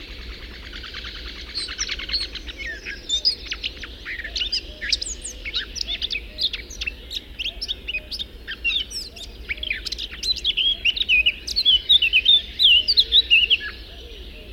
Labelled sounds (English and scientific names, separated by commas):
Eurasian Blackcap (Sylvia atricapilla) song